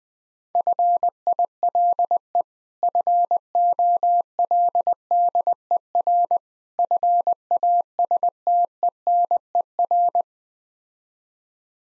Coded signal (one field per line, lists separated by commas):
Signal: Morse code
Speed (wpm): 20 wpm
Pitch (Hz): 700 Hz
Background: none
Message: FILE FOLDER FASTENER